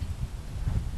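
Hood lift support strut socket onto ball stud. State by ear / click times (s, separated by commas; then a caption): not seated / none. A hood lift support strut's socket on a Maxima is being handled toward the ball stud that was tightened with a 13mm wrench, ready to be shoved on. Only low, rumbling, wind-like noise is heard, with no distinct click. Nothing has seated or clicked yet.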